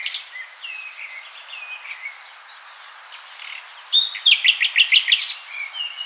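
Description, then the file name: Common nightingale song: soft varied warbling, then a loud burst of fast repeated staccato notes near the end. "Luscinia megarhynchos"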